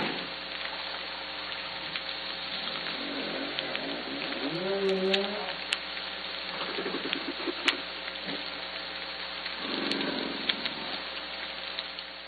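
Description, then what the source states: Humpback whale moaning units, harmonic and gently rising, come in bursts around midway and near the end over constant hiss, hum and occasional clicks. Recorded in the Salish Sea.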